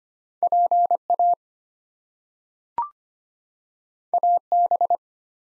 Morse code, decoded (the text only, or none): PA AB